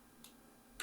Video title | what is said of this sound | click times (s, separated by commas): How to ASSEMBLE the DUMOS Electric Standing Desk + FULL DEMO and REVIEW! | so it snaps into place and holds them both down. | 0.8 s